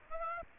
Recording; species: mosquito wingbeat signal from an infrared sensor; Aedes aegypti